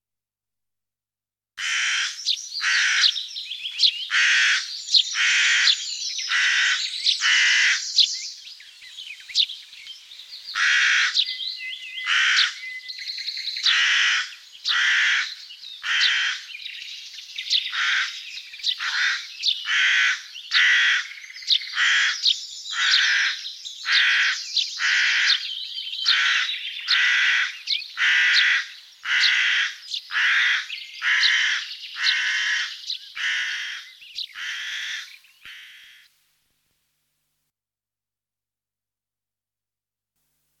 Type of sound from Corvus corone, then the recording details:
song. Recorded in the wild. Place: Waltershofen / Freiburg im Breisgau, Baden-Württemberg, DE. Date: 1974-05-19. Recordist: Schwarz, Dieter. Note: Song